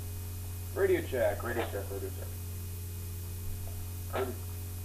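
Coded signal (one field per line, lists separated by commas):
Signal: none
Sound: radio's channel change beeps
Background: speech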